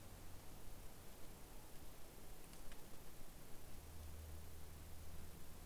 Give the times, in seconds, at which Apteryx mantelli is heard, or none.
none